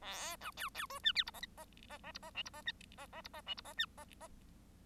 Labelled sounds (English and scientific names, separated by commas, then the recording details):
Bengalese Finch (Lonchura striata domestica) song
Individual Bird1